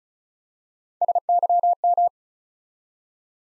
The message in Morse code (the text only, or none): SYM